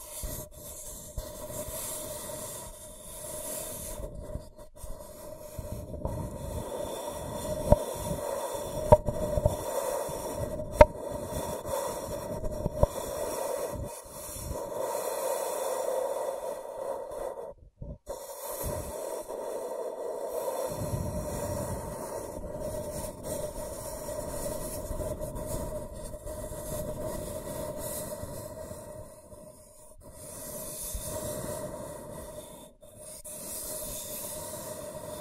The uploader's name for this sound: Scratching & Tracing